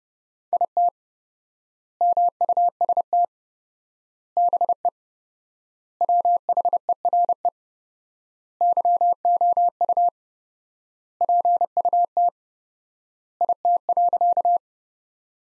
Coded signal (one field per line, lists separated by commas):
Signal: Morse code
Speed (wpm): 32 wpm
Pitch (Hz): 700 Hz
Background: none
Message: IT MUST BE WHERE YOU PUT IT.